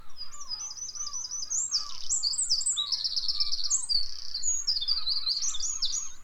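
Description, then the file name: Eurasian wren pouring out a long, rapid series of high trills and ringing notes, with lower whistled notes underneath. "Troglodytes troglodytes"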